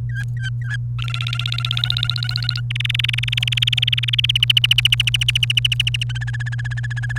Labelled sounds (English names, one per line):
Domestic Canary song